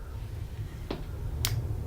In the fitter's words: you can hear it lock into position